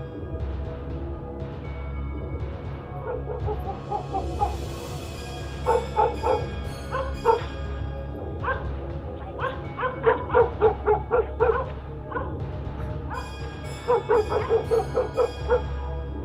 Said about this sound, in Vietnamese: Xung quanh chỉ là tiếng chó sủa, tiếng chó tru.